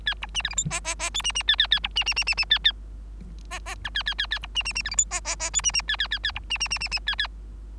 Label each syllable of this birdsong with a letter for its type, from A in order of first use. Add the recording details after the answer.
A B C D E F G G G H C C A A A B C C C C C A A G G I A A A A B C C C D E F G G G H C C A A A A B C C C C C A A. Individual Bird3